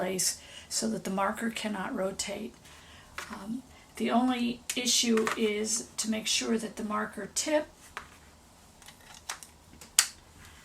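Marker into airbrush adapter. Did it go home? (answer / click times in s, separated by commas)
yes / 10.0 s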